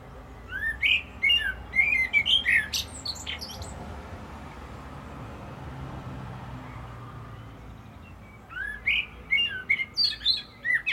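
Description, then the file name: Common blackbird song: two phrases, each opening with low mellow fluted whistles and ending in a burst of high, squeaky twittering, separated by a quiet gap. "Turdus merula"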